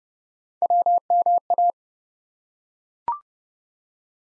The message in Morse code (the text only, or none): WMA